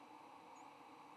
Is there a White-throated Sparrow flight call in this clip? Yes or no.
no